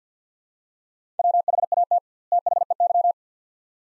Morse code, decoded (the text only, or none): WHAT THEY